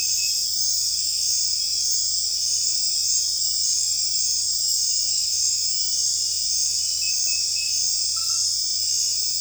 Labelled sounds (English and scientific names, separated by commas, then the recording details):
none
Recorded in dense forest near Puerto Asís, Putumayo, Colombia, on 20 December 2024 at 20:30
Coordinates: 0.482, -76.320
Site G021